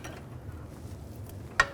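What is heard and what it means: A socket and extension on a hex key hold the hex recess in the steel top stud of a rear sway bar link on a 2011–2014 Chrysler 200 while the nut is turned loose. Over a low, steady rumble, a single sharp metal clank rings out at 1.6 s as the stud spins. The hex recess strips out where the hex key goes.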